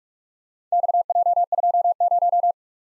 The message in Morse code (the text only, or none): XJ20